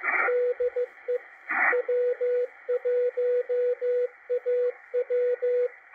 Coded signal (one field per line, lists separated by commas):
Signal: Morse code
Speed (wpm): 15 wpm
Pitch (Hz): 490 Hz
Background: radio noise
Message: DE W1AW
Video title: W1AW CW DECODE - MACHILITE DSP SDR RECEIVER 12-8-2021